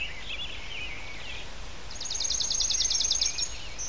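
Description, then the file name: Bird song: warbled chirps around the middle range, then a fast, even trill of high notes lasting over a second, over steady hissing background noise. Loud birds. "Sounds Dogs Love - Loud Birds Sound Effect"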